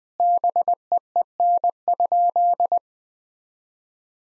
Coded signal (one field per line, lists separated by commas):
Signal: Morse code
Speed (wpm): 20 wpm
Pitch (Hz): 700 Hz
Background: none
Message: BEEN?